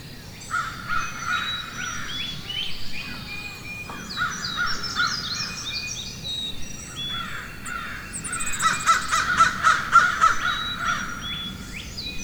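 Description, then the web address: Crows caw in short runs early on, then a louder, faster volley near the end, while other birds chirp and whistle continuously. Forest ambience with crows and other birds chirping. "Wav Junction Sound Effects - Ambience. Ambience Forest Crows Birds Chirping"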